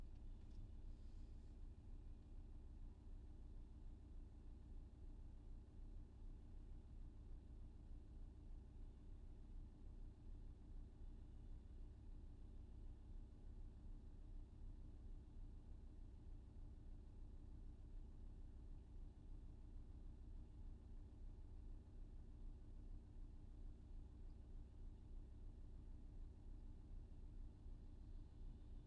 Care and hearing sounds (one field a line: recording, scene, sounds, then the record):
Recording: everyday scene through a hearing-aid microphone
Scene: in a vehicle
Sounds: engine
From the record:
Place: VW T5 Caravelle, diesel engine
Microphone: in the ear canal, left